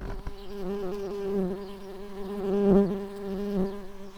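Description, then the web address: Tree bumblebee buzzing, a steady low hum with a strong drone that swells and fades slightly over about four seconds, with a brief louder surge about two-thirds of the way through. Worker bees. "Hypnorum workers"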